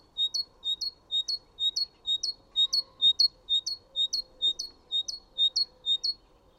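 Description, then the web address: Great tit song: high, clear two-note phrases, 'tea-cher', repeated steadily about twice a second through the whole stretch over a faint low hum. "chant didier collin mesange charbonniere"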